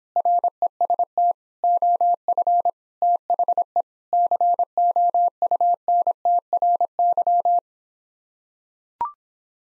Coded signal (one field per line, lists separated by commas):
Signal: Morse code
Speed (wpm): 26 wpm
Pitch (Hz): 700 Hz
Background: none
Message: REST OF THE COUNTRY